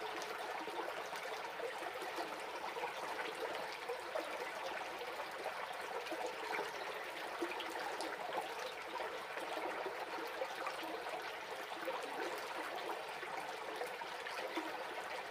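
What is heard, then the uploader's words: A stream runs steadily throughout, a dense, even rush of water with a bright, splashy texture and little low rumble. Small trickles and bubbling flickers pop up constantly within the flow, but the overall level stays unchanged from start to finish. The sounds of the stream.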